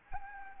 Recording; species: mosquito wingbeat signal from an infrared sensor; Anopheles gambiae